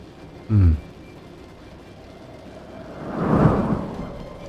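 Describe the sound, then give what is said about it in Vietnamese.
Steady heavy rain hisses throughout as two people walk through it, the drops bursting on the water of a canal; a brief tonal burst breaks in early, then a deep roll of thunder swells up and fades near the end. “Hai bóng người đi dưới cơn mưa đã ngày càng nặng hạt.”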